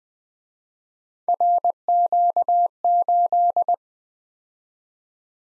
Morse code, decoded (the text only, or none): RQ8